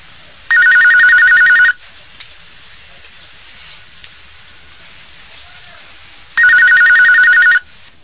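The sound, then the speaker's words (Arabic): A telephone rings twice, each a loud trilling burst about a second long, separated by several seconds of low hiss and faint background noise, as a call comes in to a phone-in question-and-answer session. “من سلسلة الهدى والنور أجوبة على أسئلة عبر الهاتف.”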